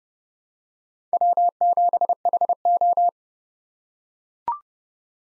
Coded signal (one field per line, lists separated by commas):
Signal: Morse code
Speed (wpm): 30 wpm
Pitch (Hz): 700 Hz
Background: none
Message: W7HO